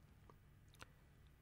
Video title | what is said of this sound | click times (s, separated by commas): PeriFlux 6000 - tcpO2 electrode maintenance | press the electrode firmly until you feel it snap into place | 0.8 s